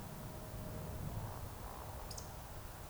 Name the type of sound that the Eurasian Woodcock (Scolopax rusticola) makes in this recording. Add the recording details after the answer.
whistle, croak. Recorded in Baden-Württemberg, Germany, on 3 June 2021 at 20:04 UTC. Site 45499, 200 m above sea level